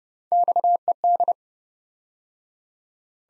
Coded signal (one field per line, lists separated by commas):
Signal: Morse code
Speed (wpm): 29 wpm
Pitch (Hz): 700 Hz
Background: none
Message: XED